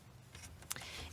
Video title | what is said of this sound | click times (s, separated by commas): Everyone Needs This Table for Van Life & Camping! - Small Living - DIY Minivan Camper - | and the the legs do lock into place | 0.7 s